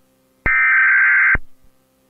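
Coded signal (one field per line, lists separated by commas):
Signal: Emergency Alert System (SAME) tones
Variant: header bursts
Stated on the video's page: Fictional EAS scenario with simulated alert.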